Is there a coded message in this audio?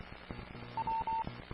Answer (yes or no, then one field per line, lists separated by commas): no